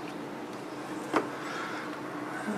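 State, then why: Partly seated. During a thermostat change on a 3.6 liter GM engine, a thermostat or coolant fitting is pressed into the engine housing over a steady low background hum, with one short sharp knock at about 1.2 s. The part has started but is not fully seated and still needs to be compressed further; nothing has clicked into place yet.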